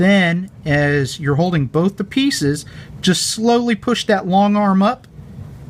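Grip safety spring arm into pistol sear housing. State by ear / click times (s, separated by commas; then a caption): not seated / none. Someone talks while holding the upgraded sear housing pieces of an XDS pistol together, about to slowly push the long spring arm of the grip safety up above the pin. No click is heard, and the spring arm has not yet snapped or seated into place.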